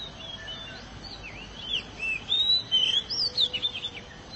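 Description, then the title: Oriental magpie-robin song, fluty whistles and quick trilled notes building in the second half, over constant hissing background noise. "Suara Kicauan Burung Kacer Durasi Panjang"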